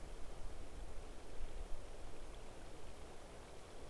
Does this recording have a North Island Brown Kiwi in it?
no